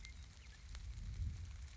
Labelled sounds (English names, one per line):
Western Meadowlark